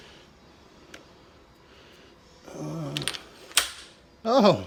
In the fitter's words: so the handlebars and everything just snapped into place